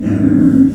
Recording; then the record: squeal of a Yucatan mini pig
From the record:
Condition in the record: after surgery on the right vocal fold (resection and tissue-engineered implant); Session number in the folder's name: 5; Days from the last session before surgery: 33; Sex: female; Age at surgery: 19 weeks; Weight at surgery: 25 kg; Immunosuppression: prednisolone